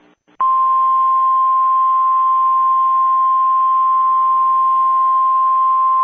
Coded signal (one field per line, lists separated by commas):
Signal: Emergency Alert System (SAME) tones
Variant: 1050 Hz attention tone